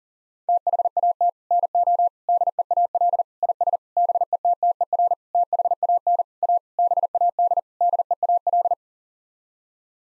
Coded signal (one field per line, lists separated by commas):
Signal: Morse code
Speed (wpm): 40 wpm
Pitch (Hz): 700 Hz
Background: none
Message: THAT NO DEAL IS BETTER THAN A BAD DEAL